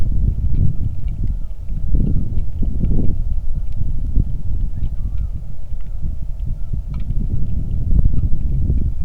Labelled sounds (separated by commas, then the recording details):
bird, wind
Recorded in the Arctic National Wildlife Refuge, Alaska, on 3 August 2019 at 09:10
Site 46